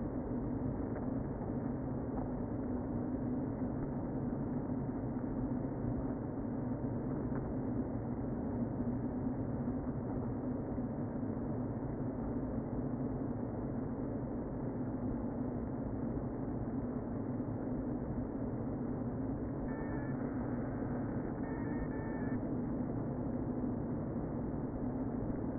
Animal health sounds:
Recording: honeybee colony, microphone inside the hive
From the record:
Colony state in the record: queen present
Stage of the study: before two queens were removed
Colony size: about 60,000 bees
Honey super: yes

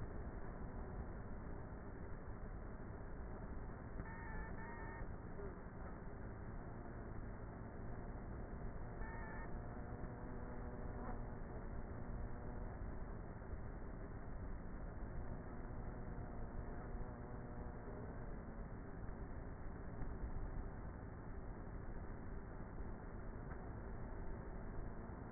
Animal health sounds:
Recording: honeybee colony, microphone inside the hive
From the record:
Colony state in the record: queenless with a low population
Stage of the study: before two queens were removed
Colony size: about 30,000 bees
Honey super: no

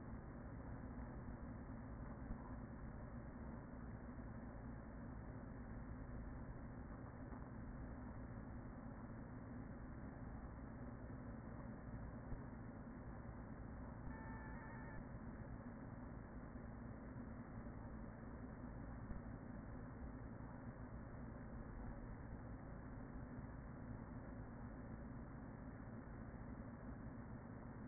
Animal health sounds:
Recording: honeybee colony, microphone inside the hive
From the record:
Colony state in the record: queen present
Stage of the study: after two queens were removed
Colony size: about 40,000 bees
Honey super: no

